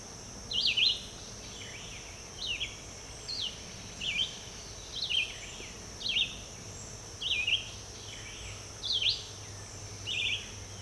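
Red-eyed vireo song of quick whistled phrases repeated about every second, over a thin steady high hum.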